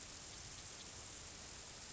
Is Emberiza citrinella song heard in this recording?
no